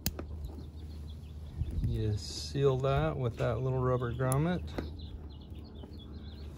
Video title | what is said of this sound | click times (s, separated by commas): 750 Watt Solar install on 2019 Dodge Promaster. | push it in until it clicks you | 0.1 s